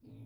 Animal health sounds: pig call; weaner (32 to 43 days)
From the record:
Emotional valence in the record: negative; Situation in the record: restrain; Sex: male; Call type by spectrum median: low-frequency call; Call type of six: low-frequency stable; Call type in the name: low-frequency stable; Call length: 0.25 s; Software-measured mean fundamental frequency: 52 Hz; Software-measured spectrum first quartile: 113 Hz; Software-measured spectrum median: 183 Hz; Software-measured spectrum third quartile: 323 Hz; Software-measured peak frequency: 263 Hz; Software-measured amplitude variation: 95 dB a second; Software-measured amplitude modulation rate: 16.0 a second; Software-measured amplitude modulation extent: 6.0 dB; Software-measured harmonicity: 1.4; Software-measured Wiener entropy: 1.28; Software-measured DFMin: 1390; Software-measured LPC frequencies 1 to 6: 252, 2413, 3689, 4479, 7091, 8720 Hz

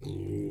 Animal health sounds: pig call; weaner (32 to 43 days)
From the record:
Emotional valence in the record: negative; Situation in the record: long isolation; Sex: female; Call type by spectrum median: low-frequency call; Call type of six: low-frequency stable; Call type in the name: low-frequency stable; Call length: 0.51 s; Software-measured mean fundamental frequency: 49 Hz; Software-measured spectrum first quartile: 121 Hz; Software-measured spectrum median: 260 Hz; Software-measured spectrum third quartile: 375 Hz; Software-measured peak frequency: 320 Hz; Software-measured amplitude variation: 133 dB a second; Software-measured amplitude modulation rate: 36.7 a second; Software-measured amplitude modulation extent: 3.6 dB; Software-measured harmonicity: -0.5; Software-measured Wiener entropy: -0.15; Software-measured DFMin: 1148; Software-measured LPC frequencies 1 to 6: 338, 2154, 2660, 3640, 4144, 5940 Hz

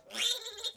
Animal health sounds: pig call; piglet (1 to 25 days)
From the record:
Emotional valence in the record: negative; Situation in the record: restrain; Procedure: back test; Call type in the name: high-frequency call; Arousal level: medium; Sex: female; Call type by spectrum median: high-frequency call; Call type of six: high-frequency stable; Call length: 0.78 s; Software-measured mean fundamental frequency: 348 Hz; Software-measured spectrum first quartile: 3217 Hz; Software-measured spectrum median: 3796 Hz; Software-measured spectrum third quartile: 5754 Hz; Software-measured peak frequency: 3553 Hz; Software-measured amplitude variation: 198 dB a second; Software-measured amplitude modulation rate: 16.7 a second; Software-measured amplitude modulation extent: 11.8 dB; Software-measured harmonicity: 5.8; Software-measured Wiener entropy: -2.33

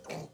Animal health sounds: pig call; piglet (1 to 25 days)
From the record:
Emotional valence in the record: negative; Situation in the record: restrain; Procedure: back test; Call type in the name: low-frequency call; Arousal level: maximum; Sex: male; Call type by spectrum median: low-frequency call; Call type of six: low-frequency stable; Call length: 0.34 s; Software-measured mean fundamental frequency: 56 Hz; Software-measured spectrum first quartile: 388 Hz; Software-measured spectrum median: 772 Hz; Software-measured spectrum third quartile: 2797 Hz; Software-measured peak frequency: 507 Hz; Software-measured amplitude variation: 141 dB a second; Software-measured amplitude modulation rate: 24.9 a second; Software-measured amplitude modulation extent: 5.7 dB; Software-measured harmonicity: 0.8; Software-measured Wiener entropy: -2.37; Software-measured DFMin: 1051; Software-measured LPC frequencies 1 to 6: 601, 2333, 4395, 6002, 7663, 8402 Hz

